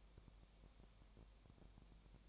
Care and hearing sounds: daily activity, microphone in the room; no activity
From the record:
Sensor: 1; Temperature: 19.7 degrees Celsius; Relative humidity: 37.0%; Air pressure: 1007.2 hPa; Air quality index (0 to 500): 144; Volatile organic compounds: 5 ppm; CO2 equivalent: 1760 ppm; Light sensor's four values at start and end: 1/2/1/1 and 1/2/1/1

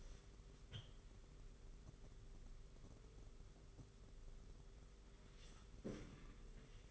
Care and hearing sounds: daily activity, microphone in the room; wipe stove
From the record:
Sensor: 4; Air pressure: 991.3 hPa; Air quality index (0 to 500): 142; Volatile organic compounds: 65 ppm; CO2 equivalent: 3470 ppm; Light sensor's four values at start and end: 25/81/30/31 and 25/81/30/31

